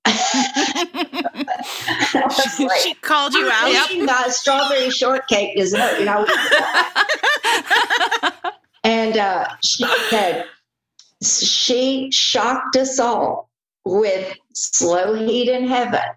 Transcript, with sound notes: She called you out.
Strawberry shortcake is - (laughter) and she said, "She shocked us all with Slow Heat in Heaven."